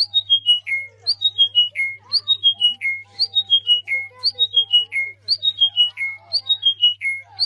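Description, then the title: Bird song: a clear whistled phrase of four or five notes stepping down in pitch, repeated steadily about every second. "birds sing"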